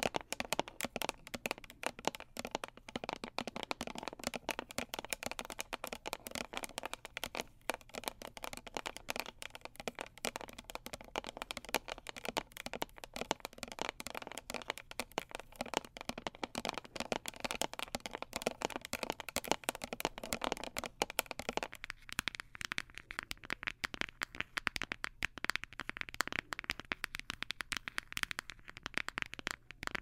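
Dense, quick tapping with sharp little clicks runs steadily throughout, crisp, sounding like fingertips on a hard surface. Around twenty-two seconds the texture shifts, becoming lighter and brighter with less body underneath. A faint low hum sits in the background.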